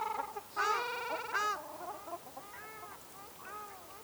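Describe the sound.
Ruddy shelduck uttering two loud, drawn-out nasal honks, followed by softer calls.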